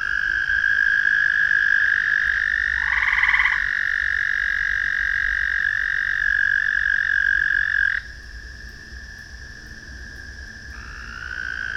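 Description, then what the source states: Frog calls: a sustained trilling drone with a brief pulsed croak burst early on; the drone stops abruptly partway, then resumes near the end. Frogs recorded in a ravine at night.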